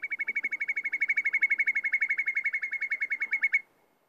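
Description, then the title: Whimbrel trill of rapid, repeated whistled notes lasting about three and a half seconds, then stopping abruptly. Breeds on bogs in Finland. "Viikon luontoääni: Pikkukuovi"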